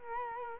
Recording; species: mosquito wingbeat signal from an infrared sensor; Culex quinquefasciatus